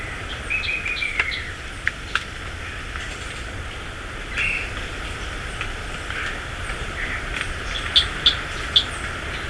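Bird calls: a brief whistled note near the start, then three sharp high chirps in quick succession near the end, over a steady broad rushing background noise.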